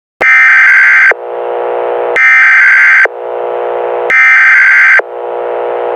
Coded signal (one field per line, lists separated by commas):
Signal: Emergency Alert System (SAME) tones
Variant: header bursts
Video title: EAS scenario copywriter situation